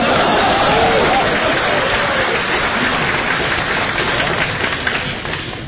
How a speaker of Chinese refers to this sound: 说的不好都鼓掌。你看今天多好，一位鼓掌的都没有。